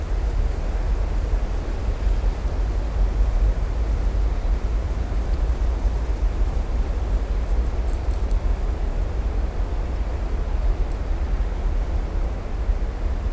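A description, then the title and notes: A distant river gives a low, steady rush. The sound stays dense and unchanging throughout, heaviest in the deep range with a soft rustle above it. A few faint, thin high chirps show up briefly around the middle and later on. Low rustle. Distant river.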